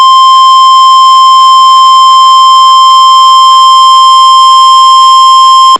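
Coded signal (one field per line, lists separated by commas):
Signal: Emergency Alert System (SAME) tones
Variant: 1050 Hz attention tone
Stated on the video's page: Mock blizzard EAS scenario based on a real event: blizzard watch, blizzard warning, civil emergency message and civil danger warning alerts.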